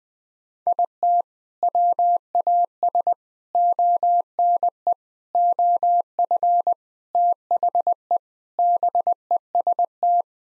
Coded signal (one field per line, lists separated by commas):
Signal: Morse code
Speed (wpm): 21 wpm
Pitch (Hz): 700 Hz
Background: none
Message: IT WAS ONE OF THE BEST